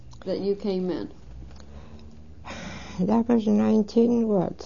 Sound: she sighs

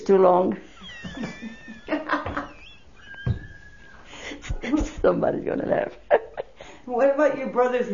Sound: they laugh

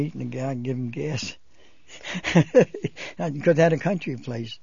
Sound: he laughs

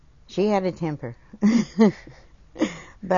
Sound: laughs

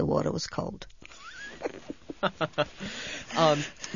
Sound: they laugh

